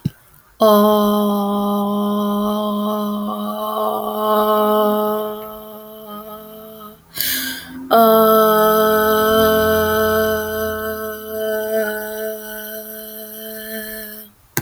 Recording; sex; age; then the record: vowel held as long as possible; female; 40 to 49 years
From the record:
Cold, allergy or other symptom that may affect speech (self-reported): no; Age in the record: 45 years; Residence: North Carolina, United States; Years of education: 19